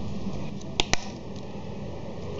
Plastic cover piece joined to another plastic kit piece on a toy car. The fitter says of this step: when you hear the click sound it's locked already